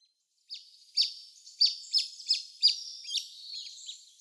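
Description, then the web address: Great Crested Grebe young give high, squeaky piping notes, about three each second, with fainter peeps between them. Downy young. "Schulze Peter Great Crested Grebe downy Young"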